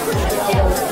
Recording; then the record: background sound without coughing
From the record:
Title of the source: Nightlife Party Simulating Party Club Noise 1 Hour